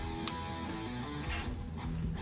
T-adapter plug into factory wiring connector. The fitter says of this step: I'm going to take our T adapter and plug it in. You'll hear it click